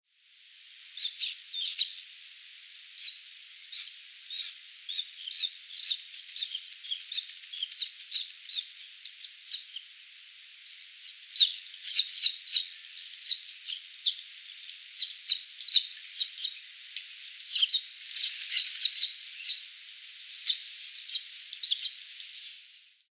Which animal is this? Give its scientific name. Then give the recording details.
Uria aalge. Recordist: Tembrock, Günter. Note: Rufe